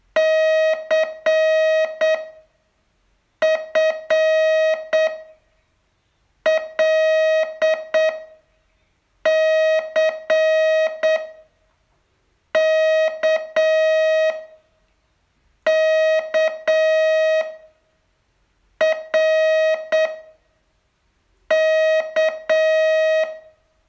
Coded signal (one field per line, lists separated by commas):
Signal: Morse code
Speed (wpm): 7 wpm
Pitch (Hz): 630 Hz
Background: music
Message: C F L C K K R K